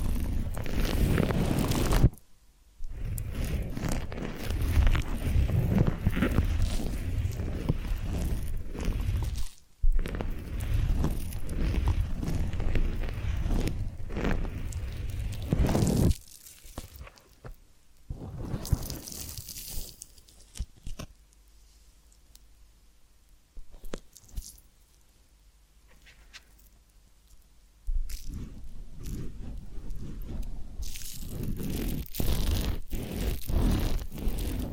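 Massage and ear-cleaning sounds: dense rubbing, crunching and scraping fill the first sixteen seconds, broken by two brief silences. A quieter stretch follows with sparse soft scratches and taps, then thick, rough rubbing returns around the twenty-eight second mark.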